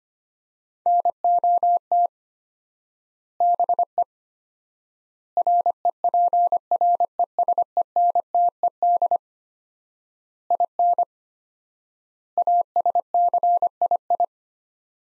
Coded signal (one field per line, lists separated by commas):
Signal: Morse code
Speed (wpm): 25 wpm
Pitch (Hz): 700 Hz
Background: none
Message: NOT BE REPRESENTED IN ASCII